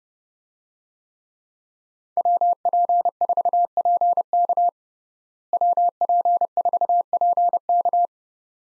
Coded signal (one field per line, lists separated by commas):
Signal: Morse code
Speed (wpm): 30 wpm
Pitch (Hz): 700 Hz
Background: none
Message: WP4PK WP4PK